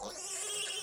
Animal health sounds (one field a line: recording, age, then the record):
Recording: pig call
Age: piglet (1 to 25 days)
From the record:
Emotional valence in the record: negative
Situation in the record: long isolation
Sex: male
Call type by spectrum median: high-frequency call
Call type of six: mixed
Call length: 0.83 s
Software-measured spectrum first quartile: 2265 Hz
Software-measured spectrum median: 5165 Hz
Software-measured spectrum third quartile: 7745 Hz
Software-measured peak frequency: 2788 Hz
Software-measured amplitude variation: 81 dB a second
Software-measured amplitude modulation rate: 21.0 a second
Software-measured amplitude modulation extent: 3.9 dB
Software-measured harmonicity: 3.2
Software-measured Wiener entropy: -1.79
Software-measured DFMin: 517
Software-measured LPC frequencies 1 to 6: 667, 1572, 2823, 3241, 5470, 7619 Hz